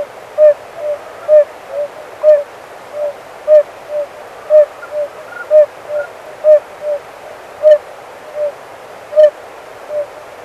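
Oriental fire-bellied toads in chorus, mellow hooting notes from several animals alternating and overlapping at a quick, even pace.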